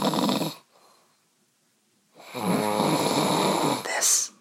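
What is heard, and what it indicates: Two loud, rough, rattling snores at 2 o'clock in the morning are separated by about a second and a half of near silence. The second snore is longer, roughly two seconds, and ends with a brief sharper sound. This is heavy snoring from a sleeping adult, so loud that he cannot hear someone talking beside him.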